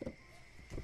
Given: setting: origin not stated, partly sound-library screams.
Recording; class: one-second piece from a danger detection set; normal situation